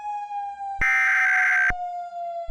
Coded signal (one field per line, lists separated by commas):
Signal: Emergency Alert System (SAME) tones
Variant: header bursts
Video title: EAS - Mishandled Blast